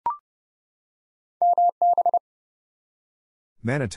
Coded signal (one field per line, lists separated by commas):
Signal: Morse code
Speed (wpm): 30 wpm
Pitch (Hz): 700 Hz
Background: none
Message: MB